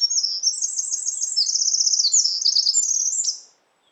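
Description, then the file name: Eurasian wren, a sustained, explosive song of rapid high-pitched trills and rattling notes lasting about three and a half seconds, then silence. "Troglodytes troglodytes"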